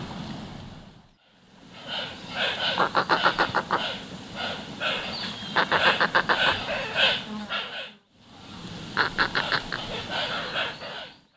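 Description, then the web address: Roseate spoonbill giving rapid bursts of harsh, clicking grunts in quick series, broken by brief pauses, over a steady low background rumble. Calls, recorded in the eastern lowlands of South America. "Natures Songs S America Eastern Lowlands. Ajaia ajaja, calls"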